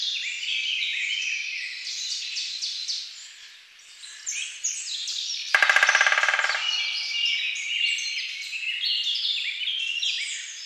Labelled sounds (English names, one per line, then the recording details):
Great Spotted Woodpecker drumming
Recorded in the wild
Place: Lilienhof / Kaiserstuhl, Baden-Württemberg, DE
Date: 2009-05-02
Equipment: MiniDisc Sharp MT 20 H
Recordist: Schwarz, Dieter